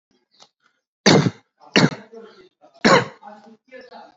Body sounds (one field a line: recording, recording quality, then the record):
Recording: shallow voluntary cough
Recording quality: excellent, no background noise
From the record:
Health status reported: healthy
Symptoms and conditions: none ticked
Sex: male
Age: 40 years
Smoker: not ticked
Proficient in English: yes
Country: India